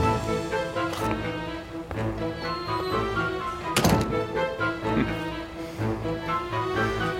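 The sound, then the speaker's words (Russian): Large wooden doors swing open with a few dull, heavy thunks, the loudest near the middle, over a steady bed of music that continues throughout. “Открываются большие деревянные двери.”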